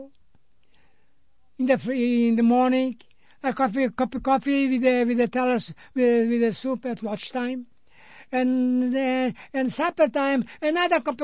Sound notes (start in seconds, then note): none